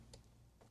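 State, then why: Not seated. A SATA drive is pushed into a printed drive holder on another attempt to snap it in place. Only a faint, short tick is heard at 0.1 s, followed by a softer rustle near 0.6 s. The drive has not latched or clicked into the holder yet.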